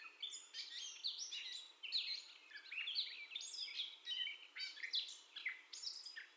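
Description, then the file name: Gray catbird singing a varied jumble of short, scratchy, high chirps and slurred whistles, delivered in quick bursts with brief gaps between phrases. First song, recorded 30 May 2021. "2021-05-30 Catbird First Song"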